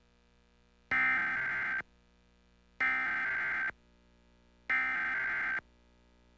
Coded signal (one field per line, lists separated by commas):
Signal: Emergency Alert System (SAME) tones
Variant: header bursts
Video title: WJXT 4 EAS Test (4/28/2020, Jacksonville, FL)